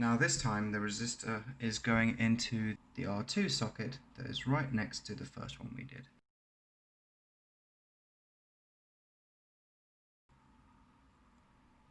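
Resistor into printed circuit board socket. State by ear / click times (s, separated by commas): not seated / none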